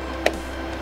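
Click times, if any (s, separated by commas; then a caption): 0.3 s. A part of a portable sewing machine, the bobbin case or a cover, is pressed back in during reassembly and gives one sharp, loud click at 0.3 s over a steady low background hum. The click shows the part is fully seated; without it, the part would not be all the way in.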